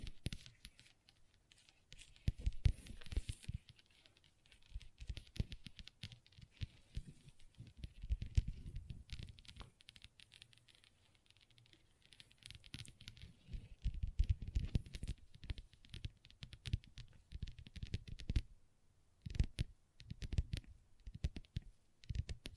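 Long nails tap and scratch on a table with no talking, in quick irregular clusters of sharp clicks and rasps. Busy bursts come around 2–4, 8, 14–16 and 20–22 seconds, with quieter gaps between, and the scratches sound dry and gritty.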